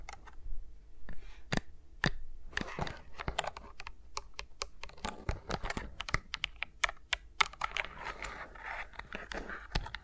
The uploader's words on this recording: ASMR with Mics Around My Fingers (No Talking).